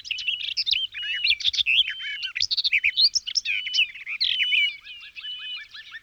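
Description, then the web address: Garden warbler delivering a continuous, fast, melodious warble mixing sweet whistles and harsher chattering notes without pause. "singvoegel gesang. kosmos 93 gartengrasmuecke"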